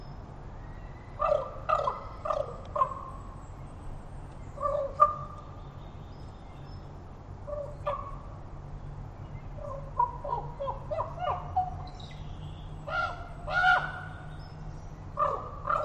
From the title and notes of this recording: Breezy out of the southeast. I went to Totem Park this morning around 9:30am. All the sounds a raven made from the branches overhead.